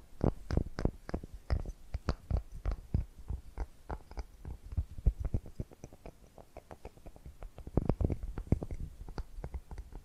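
Tapping and scratching sounds continue through the clip as a dense run of short, sharp knocks, several per second, with irregular spacing. Some hits land heavier and lower, others lighter and brighter, and soft rustling scratches fill the gaps between them.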